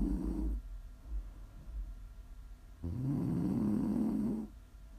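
Prime ASMR snoring from an adult sleeper: a snore fades out in the first half second, then after a quieter pause a long, loud, low-pitched snore runs from about three to four and a half seconds.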